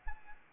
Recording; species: mosquito wingbeat signal from an infrared sensor; Anopheles arabiensis